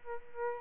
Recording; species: mosquito wingbeat signal from an infrared sensor; Aedes albopictus